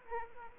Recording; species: mosquito wingbeat signal from an infrared sensor; Aedes aegypti